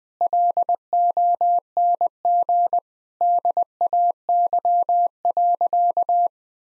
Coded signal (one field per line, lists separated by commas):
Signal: Morse code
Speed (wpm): 21 wpm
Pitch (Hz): 700 Hz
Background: none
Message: LONG DAY.